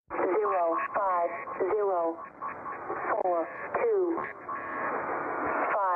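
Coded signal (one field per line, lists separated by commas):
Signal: numbers station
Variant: Cynthia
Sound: a band-limited voice reading short, evenly spaced words over radio hiss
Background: radio static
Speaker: here's a recording from a station called Cynthia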